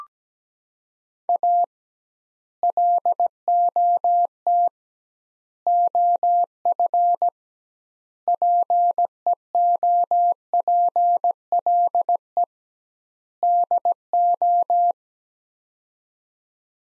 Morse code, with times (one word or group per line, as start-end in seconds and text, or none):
1.3-1.6 A
2.6-4.7 LOT
5.7-7.3 OF
8.3-12.4 PEOPLE
13.4-14.9 DO